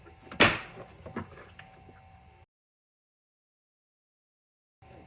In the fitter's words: And lock that piece into place, and that would be how you replace